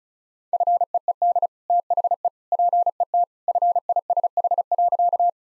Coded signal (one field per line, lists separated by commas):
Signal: Morse code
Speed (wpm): 34 wpm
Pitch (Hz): 700 Hz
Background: none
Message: FEED THE PET FISH.